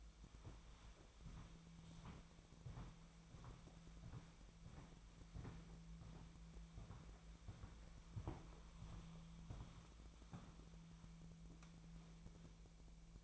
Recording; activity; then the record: daily activity, microphone in the room; walk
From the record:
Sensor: 1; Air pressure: 1008.4 hPa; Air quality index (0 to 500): 190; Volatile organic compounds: 17 ppm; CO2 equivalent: 2578 ppm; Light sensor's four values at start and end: 19/48/20/23 and 19/48/20/23